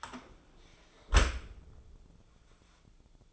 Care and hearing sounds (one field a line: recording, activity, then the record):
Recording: daily activity, microphone in the room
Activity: close dishwasher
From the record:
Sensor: 5